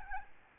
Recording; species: mosquito wingbeat signal from an infrared sensor; Aedes albopictus